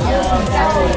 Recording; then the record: background sound without coughing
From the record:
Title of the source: Nightlife Party Simulating Party Club Noise 1 Hour